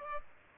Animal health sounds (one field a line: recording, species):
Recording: mosquito wingbeat signal from an infrared sensor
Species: Aedes aegypti